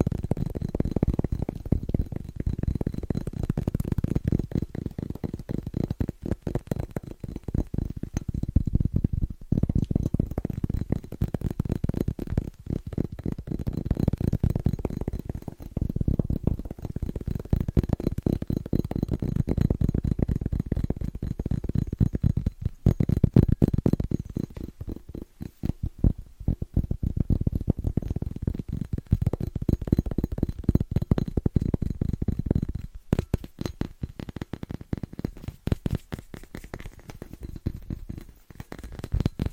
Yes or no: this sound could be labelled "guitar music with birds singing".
no